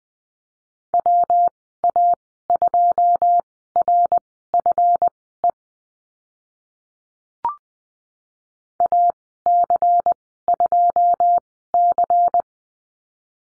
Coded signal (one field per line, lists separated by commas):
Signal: Morse code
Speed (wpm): 20 wpm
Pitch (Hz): 700 Hz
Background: none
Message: WA2RFE AC2C